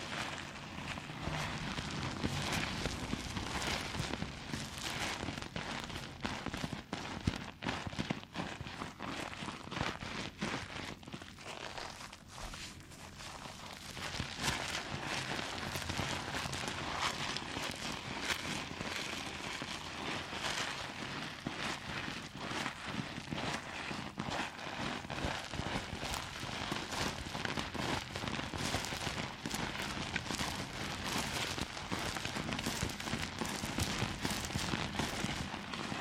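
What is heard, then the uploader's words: Dense, continuous crinkling and scratching fills the whole clip, crisp, with rapid irregular taps scattered throughout. Around twelve to fourteen seconds it briefly thins and softens, then returns fuller and slightly louder, staying busy and bright to the end. NO TALKING, Squeezing, Crinkles, Tapping, Scratching.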